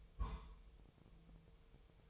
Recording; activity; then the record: daily activity, microphone in the room; place on stove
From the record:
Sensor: 1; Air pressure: 999.4 hPa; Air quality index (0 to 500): 197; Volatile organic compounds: 38 ppm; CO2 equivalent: 3118 ppm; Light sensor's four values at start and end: 9/22/8/9 and 9/22/8/9